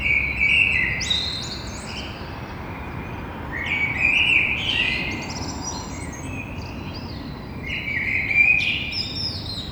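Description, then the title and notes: Common blackbird singing varied, fluty warbled phrases separated by short pauses, each ending in higher squeaky twitters, over a low hum of traffic. Toulouse, Grand Rond, France; street side, recorded between two windows; Thursday 9 April, 6:30 in the morning. "Un merle noir toulousain. Toulouse - Grand Rond Contributeur : Stéphane Marin"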